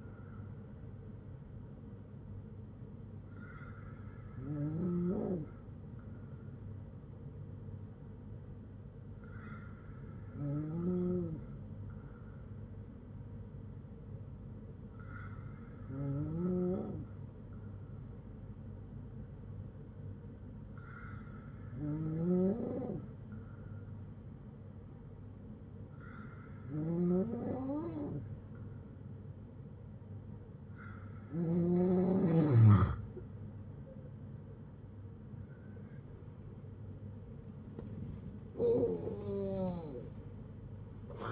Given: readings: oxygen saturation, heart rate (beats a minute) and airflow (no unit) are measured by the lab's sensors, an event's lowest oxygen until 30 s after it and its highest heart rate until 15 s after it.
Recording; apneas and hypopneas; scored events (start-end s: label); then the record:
breathing in sleep by a smartphone at the bedside; none
29.00-41.32 s: new sleep stage, N1 (lightest sleep)
From the record:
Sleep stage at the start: N2 (light sleep); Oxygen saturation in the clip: 94 to 95%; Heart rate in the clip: 57 to 80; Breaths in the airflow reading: 8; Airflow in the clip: -6.4 to 13.6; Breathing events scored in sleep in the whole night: 182 in 7.4 hours asleep